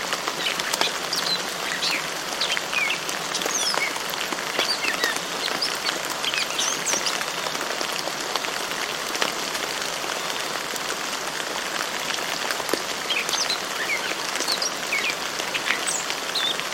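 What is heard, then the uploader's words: Gentle rain falls steadily throughout, a dense, even patter of drops with frequent brighter taps. Birds chirp and call intermittently above it, short high notes scattered across the whole stretch, slightly more active near the end. The low end stays quiet. Relaxing Nature Sounds: Gentle Rain Storm and Morning Birds. Relaxing gentle rain and morning birds.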